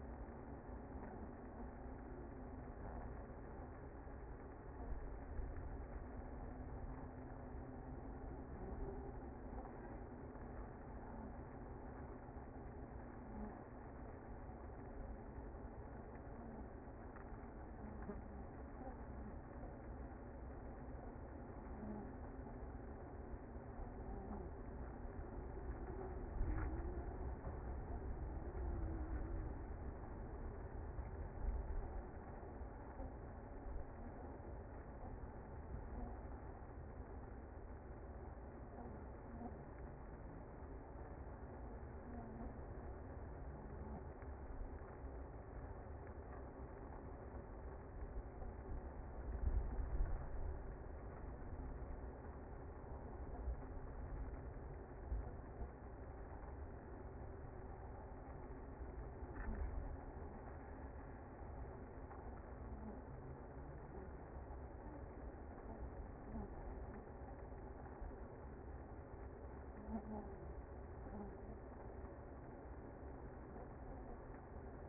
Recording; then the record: honeybee colony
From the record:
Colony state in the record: active